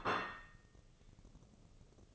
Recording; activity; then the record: daily activity, microphone in the room; place plate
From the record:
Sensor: 4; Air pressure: 996.0 hPa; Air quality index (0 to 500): 63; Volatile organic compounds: 2 ppm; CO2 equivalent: 1116 ppm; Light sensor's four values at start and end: 13/37/13/14 and 13/37/13/14